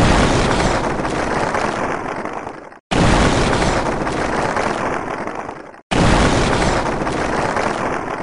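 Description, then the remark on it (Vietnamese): Artillery shells burst in the sky like fireworks, coming as three loud, roaring blasts of about three seconds each. Each dense, rumbling burst trails off before a brief silence, then the next one hits. “Từng tiếng nổ vang tiếp theo vang lên, trên bầu trời nhiều đạn đạo nổ tung giống như là đóa pháo hoa sáng lạn.”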